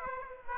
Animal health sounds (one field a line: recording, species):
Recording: mosquito wingbeat signal from an infrared sensor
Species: Aedes aegypti